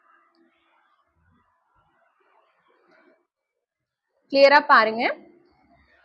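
A bobbin case is handled at a sewing machine's metal shuttle hook, about to be set crosswise with its holes lined up and pressed in. Faint handling noises are heard, then someone talks briefly near 4.3–5.2 s. Nothing has seated or clicked yet.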